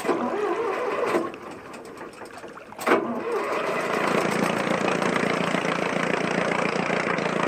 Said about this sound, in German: Werfen Sie den Motor an.